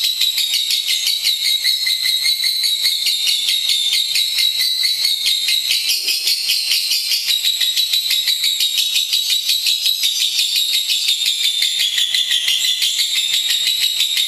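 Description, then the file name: Lovebird delivering a sustained, rapid, high trilling chatter with tightly repeated buzzy notes, wavering a little in pitch throughout. Long ngekek. "lovebird ngekek panjang. omkicau"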